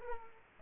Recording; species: mosquito wingbeat signal from an infrared sensor; Culex pipiens